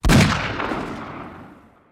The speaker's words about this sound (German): Wieder ein Schuss.